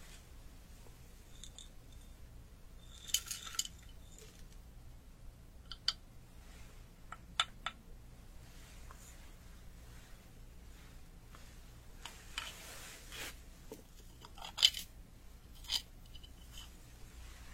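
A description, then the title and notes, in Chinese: Traditional Chinese medicine being measured out and handled as crisp ASMR triggers: sharp metallic clicks, snips and small scrapes arrive sparsely every second or two, with rustling flurries near 3 and 12 seconds. A low, steady hum sits underneath throughout. 中医配药、捣药触发音。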